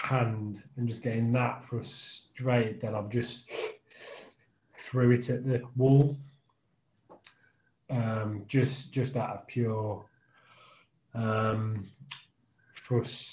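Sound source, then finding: Adult male speaker. Stuttering.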